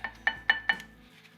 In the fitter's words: Get them snapped in place, like so.